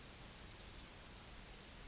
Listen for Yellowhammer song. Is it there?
no